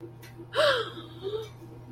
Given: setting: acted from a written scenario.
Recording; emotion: vocal sound without words; guilt